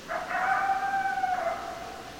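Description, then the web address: Coyote howl, a sustained level wail lasting over a second, slightly wavering and fading at the end, over soft hiss. Recorded 10 December 2012; several coyotes. "sounds mammals Coyote 2012 12 10 Coyotes"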